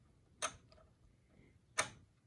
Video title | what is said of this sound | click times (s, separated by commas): Performing Maintenance on my Brother 1055X and Brother PR670e Multi-needle Embroidery Machines | and you'll see that it just snaps right in and then you just take your little screws | 1.8 s